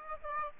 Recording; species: mosquito wingbeat signal from an infrared sensor; Aedes aegypti